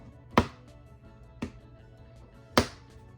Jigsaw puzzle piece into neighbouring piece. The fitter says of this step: And of course, this comes along with that amazingly satisfying snap.